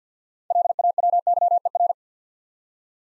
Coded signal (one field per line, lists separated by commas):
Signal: Morse code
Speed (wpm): 49 wpm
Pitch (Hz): 700 Hz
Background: none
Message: LAWYER